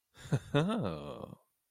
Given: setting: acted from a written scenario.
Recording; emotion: vocal sound without words; desire